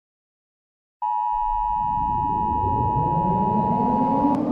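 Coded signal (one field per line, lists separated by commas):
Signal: Emergency Alert System (SAME) tones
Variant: 853 and 960 Hz attention tone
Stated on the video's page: Fictional EAS scenario; simulated alert tones.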